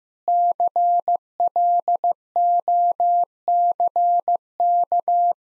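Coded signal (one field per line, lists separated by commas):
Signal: Morse code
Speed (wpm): 15 wpm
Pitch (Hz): 700 Hz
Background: none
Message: CLOCK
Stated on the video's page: Morse practice of easy sentences with contextual hints at 15 wpm.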